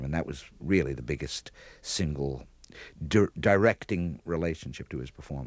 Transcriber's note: none